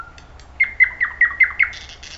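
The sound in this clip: Thrush nightingale song fragment, six sharp chopped whistled notes in a fast even series, ending in a brief rasping buzz.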